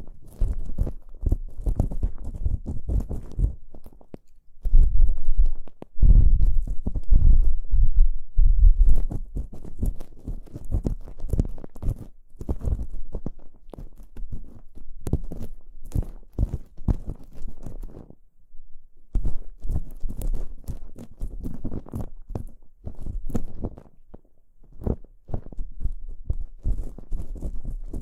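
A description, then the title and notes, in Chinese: Ear cleaning: dense scratching and crackling with rapid clicks and soft rustles, mostly low with a dry, brittle edge. The sounds come in bursts lasting a few seconds, separated by brief quiet pauses near five and nineteen seconds. 掏耳朵。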